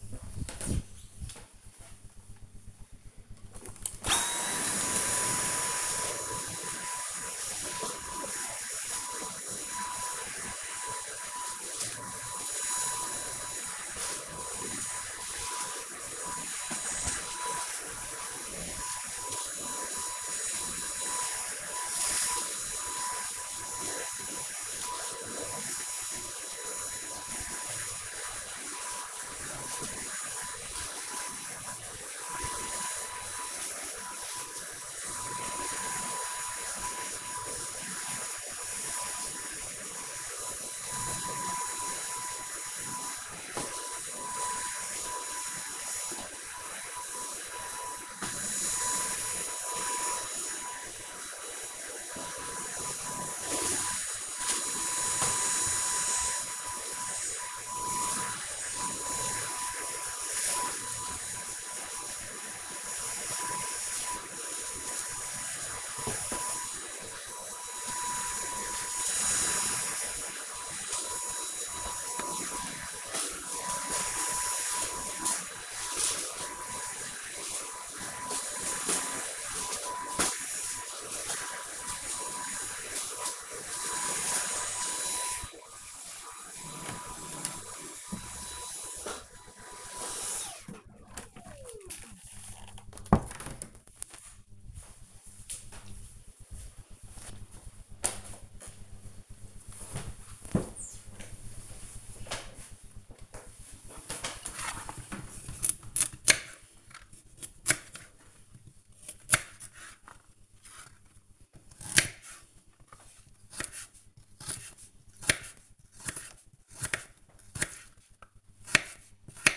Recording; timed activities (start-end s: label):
household activities, microphone on the right wrist
2.62-90.14 s: vacuum cleaning
102.20-119.57 s: cutting vegetables